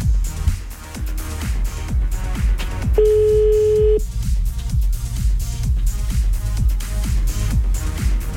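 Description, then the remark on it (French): A single steady telephone ringback tone during an outgoing call sounds for about a second, a clear mid-pitched hum cutting through pulsing background music with a heavy, regular bass beat; no one speaks. “Tu lui as dit que tu l'appelais?”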